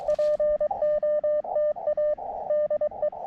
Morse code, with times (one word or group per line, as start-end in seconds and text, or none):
0.1-2.1 POTA
2.5-3.1 DE